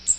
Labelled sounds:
Magnolia Warbler (Setophaga magnolia) flight call

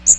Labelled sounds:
Magnolia Warbler (Setophaga magnolia) flight call

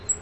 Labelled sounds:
Black-throated Green Warbler (Setophaga virens) flight call

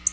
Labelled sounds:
Black-throated Blue Warbler (Setophaga caerulescens) flight call

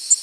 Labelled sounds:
Tennessee Warbler (Leiothlypis peregrina) flight call

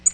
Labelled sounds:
Tennessee Warbler (Leiothlypis peregrina) flight call

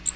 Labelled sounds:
Magnolia Warbler (Setophaga magnolia) flight call

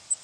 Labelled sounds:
Cape May Warbler (Setophaga tigrina) flight call

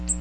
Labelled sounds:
Magnolia Warbler (Setophaga magnolia) flight call

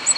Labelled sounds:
Ovenbird (Seiurus aurocapilla) flight call

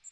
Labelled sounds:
Magnolia Warbler (Setophaga magnolia) flight call

